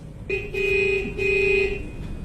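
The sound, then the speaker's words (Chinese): A car horn in a city gives two sustained, steady-pitched honks, the second following a brief gap, blaring over a low rumble of background noise. “为了城市的环境和大家的健康，请您不要随意按喇叭。”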